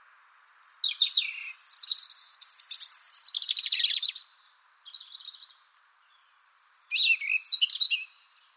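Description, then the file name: European robin song of rapid, high, varied phrases with a fast rattling trill and thin whistles, over a steady low background hiss; a second phrase follows a pause. "Erithacus rubecula"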